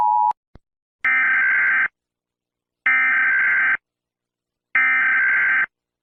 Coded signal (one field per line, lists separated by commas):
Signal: Emergency Alert System (SAME) tones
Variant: header bursts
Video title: EAS Scenario: Hurricane Omega. (EAS TEST)